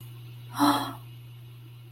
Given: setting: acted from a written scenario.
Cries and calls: vocal sound without words; awe

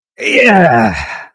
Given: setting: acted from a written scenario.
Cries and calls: vocal sound without words; pride

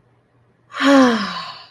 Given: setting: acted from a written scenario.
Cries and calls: vocal sound without words; relief

